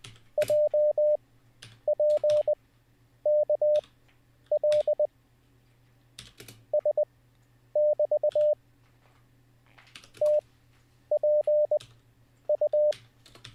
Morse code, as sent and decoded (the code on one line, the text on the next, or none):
.--- .--. -.- .-.. / ... -...- / - .--. ..-
JPKL S<BT> TPU